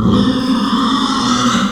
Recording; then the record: squeal of a Yucatan mini pig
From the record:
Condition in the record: after surgery on the right vocal fold (resection and tissue-engineered implant); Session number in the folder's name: 14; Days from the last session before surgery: 133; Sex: female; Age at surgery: 19 weeks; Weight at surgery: 25 kg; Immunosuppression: prednisolone